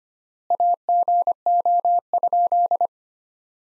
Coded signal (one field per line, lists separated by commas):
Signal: Morse code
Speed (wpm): 25 wpm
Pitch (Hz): 700 Hz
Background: none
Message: AGO?